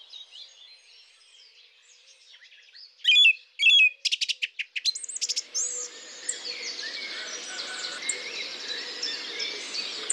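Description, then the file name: Song thrush song: after near silence, a loud phrase given twice and rapid clicking notes burst out, then give way to a dense, steady background of sound. "Fernand Deroussen feat Chiff-Chaff - Grive musicienne"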